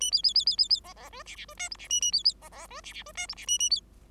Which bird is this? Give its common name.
Bengalese Finch